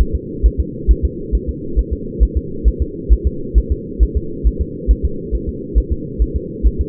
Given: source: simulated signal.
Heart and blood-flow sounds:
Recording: fetal heart sounds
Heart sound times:
0.01 s: S1
0.15 s: S2
0.46 s: S1
0.60 s: S2
0.91 s: S1
1.05 s: S2
1.35 s: S1
1.49 s: S2
1.79 s: S1
1.93 s: S2
2.23 s: S1
2.37 s: S2
2.68 s: S1
2.82 s: S2
3.13 s: S1
3.27 s: S2
3.58 s: S1
3.72 s: S2
4.03 s: S1
4.17 s: S2
4.47 s: S1
4.62 s: S2
4.91 s: S1
5.05 s: S2
5.35 s: S1
5.49 s: S2
5.78 s: S1
5.92 s: S2
6.22 s: S1
6.36 s: S2
6.67 s: S1
6.81 s: S2
From the record:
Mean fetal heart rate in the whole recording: 135 bpm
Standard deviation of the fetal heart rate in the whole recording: 3 bpm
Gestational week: 34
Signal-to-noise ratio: -4.3 dB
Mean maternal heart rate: 72 bpm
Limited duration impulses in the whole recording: absent

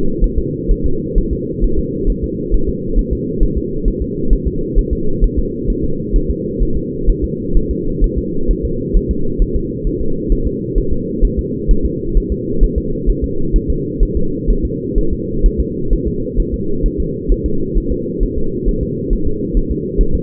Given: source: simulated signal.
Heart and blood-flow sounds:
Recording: fetal heart sounds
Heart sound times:
0.24 s: S1
0.38 s: S2
0.71 s: S1
0.86 s: S2
1.18 s: S1
1.33 s: S2
1.64 s: S1
1.79 s: S2
2.10 s: S1
2.24 s: S2
2.54 s: S1
2.69 s: S2
2.99 s: S1
3.13 s: S2
3.43 s: S1
3.58 s: S2
3.88 s: S1
4.02 s: S2
4.33 s: S1
4.47 s: S2
4.79 s: S1
4.93 s: S2
5.24 s: S1
5.39 s: S2
5.70 s: S1
5.84 s: S2
6.16 s: S1
6.30 s: S2
6.63 s: S1
6.77 s: S2
7.09 s: S1
7.24 s: S2
7.57 s: S1
7.71 s: S2
8.04 s: S1
8.18 s: S2
8.51 s: S1
8.65 s: S2
8.97 s: S1
9.11 s: S2
9.42 s: S1
9.56 s: S2
9.87 s: S1
10.01 s: S2
10.32 s: S1
10.47 s: S2
10.78 s: S1
10.93 s: S2
11.25 s: S1
11.39 s: S2
11.71 s: S1
11.86 s: S2
12.18 s: S1
12.32 s: S2
12.64 s: S1
12.78 s: S2
13.09 s: S1
13.24 s: S2
13.56 s: S1
13.70 s: S2
14.03 s: S1
14.17 s: S2
14.50 s: S1
14.65 s: S2
14.98 s: S1
15.13 s: S2
15.46 s: S1
15.60 s: S2
15.93 s: S1
16.08 s: S2
16.40 s: S1
16.54 s: S2
16.86 s: S1
17.00 s: S2
17.32 s: S1
17.46 s: S2
17.78 s: S1
17.92 s: S2
18.23 s: S1
18.38 s: S2
18.69 s: S1
18.83 s: S2
19.13 s: S1
19.27 s: S2
19.57 s: S1
19.71 s: S2
20.01 s: S1
20.15 s: S2
From the record:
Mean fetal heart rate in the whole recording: 130 bpm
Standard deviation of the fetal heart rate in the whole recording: 4 bpm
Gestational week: 38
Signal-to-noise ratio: -8.1 dB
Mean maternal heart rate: 72 bpm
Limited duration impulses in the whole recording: absent

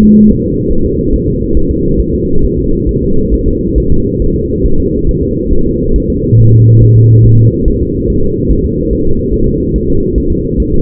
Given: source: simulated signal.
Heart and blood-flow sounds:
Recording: fetal heart sounds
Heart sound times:
0.04 s: S2
0.31 s: S1
0.45 s: S2
0.72 s: S1
0.86 s: S2
1.14 s: S1
1.28 s: S2
1.57 s: S1
1.71 s: S2
2.01 s: S1
2.14 s: S2
2.45 s: S1
2.59 s: S2
2.89 s: S1
3.03 s: S2
3.34 s: S1
3.48 s: S2
3.78 s: S1
3.92 s: S2
4.22 s: S1
4.36 s: S2
4.66 s: S1
4.80 s: S2
5.09 s: S1
5.23 s: S2
5.53 s: S1
5.67 s: S2
5.96 s: S1
6.10 s: S2
6.39 s: S1
6.54 s: S2
6.83 s: S1
6.97 s: S2
7.26 s: S1
7.40 s: S2
7.68 s: S1
7.82 s: S2
8.10 s: S1
8.24 s: S2
8.52 s: S1
8.66 s: S2
8.93 s: S1
9.07 s: S2
9.34 s: S1
9.48 s: S2
9.76 s: S1
9.90 s: S2
10.18 s: S1
10.32 s: S2
10.60 s: S1
10.74 s: S2
From the record:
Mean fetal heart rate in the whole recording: 140 bpm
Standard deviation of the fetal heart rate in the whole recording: 2 bpm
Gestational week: 34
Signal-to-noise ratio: -17.7 dB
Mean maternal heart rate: 72 bpm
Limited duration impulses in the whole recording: present

